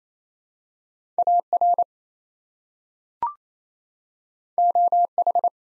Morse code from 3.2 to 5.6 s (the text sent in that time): OH